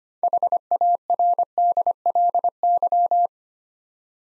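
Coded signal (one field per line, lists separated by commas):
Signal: Morse code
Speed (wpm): 25 wpm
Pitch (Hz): 700 Hz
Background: none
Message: HARDLY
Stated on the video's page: Morse practice at 25 wpm building six-letter words two letters at a time, for instant character recognition training.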